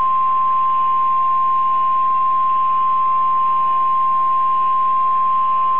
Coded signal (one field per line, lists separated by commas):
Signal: Emergency Alert System (SAME) tones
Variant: 1050 Hz attention tone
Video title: NOAA Weather Radio Tornado Watch